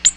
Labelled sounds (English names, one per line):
Ovenbird flight call